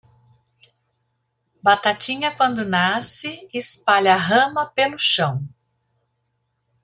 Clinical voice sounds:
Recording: short text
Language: Brazilian Portuguese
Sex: female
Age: 40 to 49 years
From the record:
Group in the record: control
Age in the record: 48 years

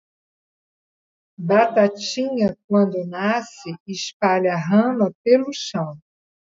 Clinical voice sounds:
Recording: short text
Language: Brazilian Portuguese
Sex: female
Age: 60 to 69 years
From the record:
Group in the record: control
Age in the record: 66 years

